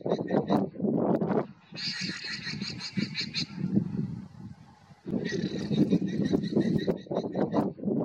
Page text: Relinchos guanacos. Guanaco (Lama guanicoe). Sexo: Macho Fase de la vida: Adulto Fecha de Registro: 09/09/2024 País: Argentina